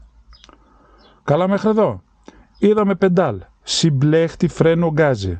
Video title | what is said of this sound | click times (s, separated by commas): Μάθημα οδήγησης 2024 #drivinglessons #driving | hear at least a click or two clicks, that's good, so | 0.4 s, 0.5 s